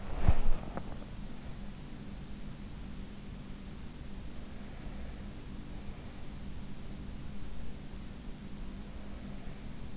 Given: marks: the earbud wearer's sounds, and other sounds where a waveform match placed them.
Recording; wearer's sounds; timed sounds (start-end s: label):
sounds in sleep by an in-ear microphone; body movement
0.00-1.17 s: body movement